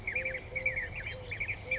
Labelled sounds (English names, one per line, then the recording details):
Eurasian Collared Dove
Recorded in Sonoma County, California